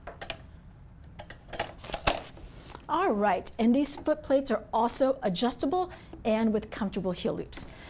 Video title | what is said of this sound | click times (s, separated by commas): NOVA 352 Transport Chair For Sale in Wheeling, IL | Very simple, and you're going to make sure that it folds in and locks in place. | 2.1 s